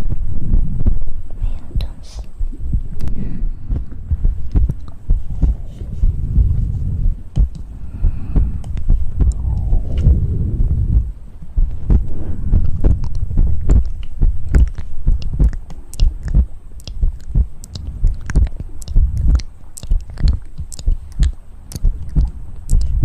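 Wet mouth sounds: dense clicks, smacks and lip pops sound continuously over a low, muffled rumble. Sharp bright ticks come rapidly and irregularly, thickening in the second half, with a brief softer, breathy swell around ten seconds.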